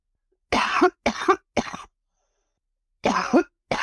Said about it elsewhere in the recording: A Suffolk Northern train carrying toxic chemicals derailed in East Palestine, Ohio, and residents are still recovering from the disaster over two months later. My coughing fit's gone. It's after being in town for a couple of days.